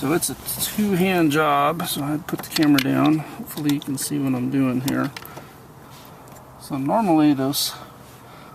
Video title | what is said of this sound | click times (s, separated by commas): How to remove and reinstall Chevrolet/GMC/Cadillac front seats | will snap together and you'll hear a click not hearing that on either one of these | none